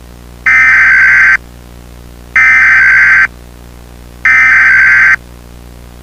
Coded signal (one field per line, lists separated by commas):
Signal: Emergency Alert System (SAME) tones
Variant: header bursts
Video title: EAS Scenario #4: Tornado Trouble: Redux.